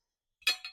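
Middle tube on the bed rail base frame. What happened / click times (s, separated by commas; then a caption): Spring pins snapped into the tube holes / 0.5 s, 0.6 s. A middle tube of an AOHHL bed assist rail is pushed onto the U-shaped metal base frame until its spring-loaded push-button pins pop into the tube holes. Two sharp metallic clinks ring out at 0.5 s and 0.6 s, the second one quieter. The pins are seated.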